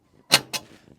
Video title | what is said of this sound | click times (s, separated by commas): Unboxing of the Nomad Grill (portable grill) | you hear little clicks there let you know you're getting drag or indirect heat there | 0.3 s